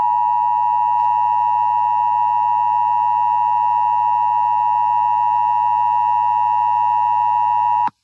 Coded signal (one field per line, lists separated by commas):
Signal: Emergency Alert System (SAME) tones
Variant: 853 and 960 Hz attention tone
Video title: MOCK: Emergency Alert System Weekly Required Test